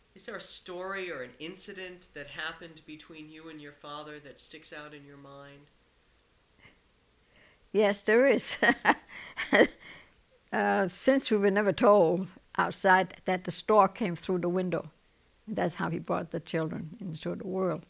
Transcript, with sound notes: is there a story or an incident that happened between you and your father that sticks out in your mind?
Yes, there is. ( she laughs ) Uh, since we were never told outside that the stork came through the window, that's how he brought the children into the world.